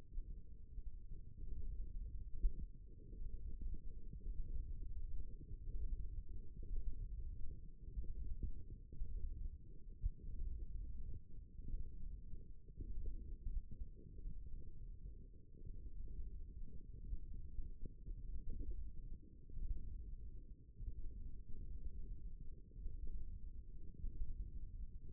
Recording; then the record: forearm muscle sounds (acoustic myography)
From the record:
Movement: finger pinch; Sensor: system 1, eight BSWA MPA416 microphones around the upper forearm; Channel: 4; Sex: male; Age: 18 years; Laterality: right